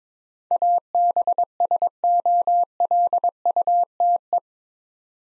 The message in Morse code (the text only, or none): ABSOLUTE